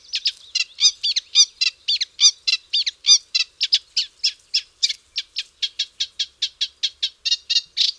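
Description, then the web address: Reed warbler song, rhythmic scratchy chatter with a few varied churring phrases, then even repeated notes at a brisk pace. "Rorsanger"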